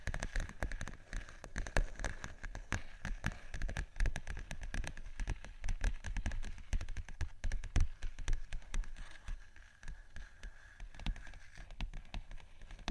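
Fingers tap and scratch on vinyl in a dense, uneven patter of small hits, like rain on a surface. The taps come rapidly throughout with no pauses, crisp and bright on top with soft low thumps beneath, and a thin hiss persists behind them.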